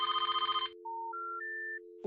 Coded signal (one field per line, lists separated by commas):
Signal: telephone call progress tone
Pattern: special information tone